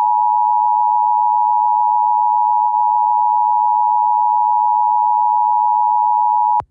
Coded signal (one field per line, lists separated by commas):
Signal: Emergency Alert System (SAME) tones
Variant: 853 and 960 Hz attention tone